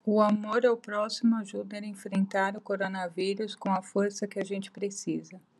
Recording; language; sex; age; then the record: spoken sentence; Brazilian Portuguese; female; 50 to 59 years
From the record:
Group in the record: control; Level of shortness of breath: 0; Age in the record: 53 years